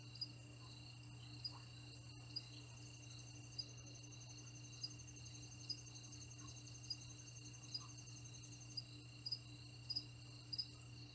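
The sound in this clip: Cricket song of high, buzzy pulses repeated at a steady, regular beat, with a low, unbroken hum underneath.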